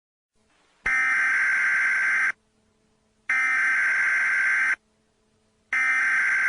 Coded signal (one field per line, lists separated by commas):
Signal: Emergency Alert System (SAME) tones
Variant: header bursts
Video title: EAS Scenario: Seaside Heights Explosion